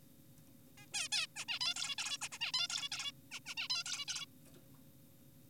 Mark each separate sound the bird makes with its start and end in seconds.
0.78-0.86, 0.94-1.08, 1.12-1.27, 1.36-1.45, 1.48-1.59, 1.61-1.74, 1.76-1.96, 1.98-2.18, 2.22-2.28, 2.32-2.38, 2.41-2.52, 2.54-2.68, 2.70-2.88, 2.92-3.12, 3.32-3.40, 3.46-3.55, 3.58-3.68, 3.70-3.84, 3.86-4.05, 4.08-4.26